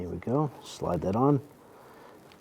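During an alternator install on a 2005-2010 Chrysler 300, a connector in the alternator area is slid on by hand while someone talks. After the speech, only quiet background remains, with a faint short tick near 2.3 s; the connector has not seated or clicked into place yet.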